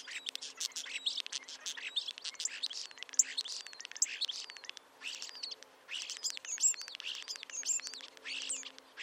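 Birds chirping in a dense chorus, with rapid overlapping high notes and trills running almost without pause and a few brief gaps.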